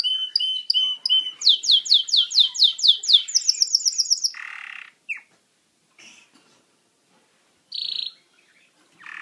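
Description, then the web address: Canary song with rapid rolling trills of sharp repeated notes for about four seconds, then a few scattered short notes separated by silence. "Bird Songs Canary Canary-Guitar"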